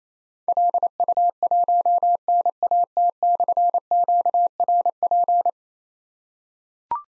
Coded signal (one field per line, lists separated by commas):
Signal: Morse code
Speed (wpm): 27 wpm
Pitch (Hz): 700 Hz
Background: none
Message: LU1NAT/QRP